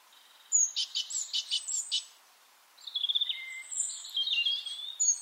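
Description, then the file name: Great tit calls: a quick burst of high, sharp notes, a short pause, then thinner chattering notes. "Parus major"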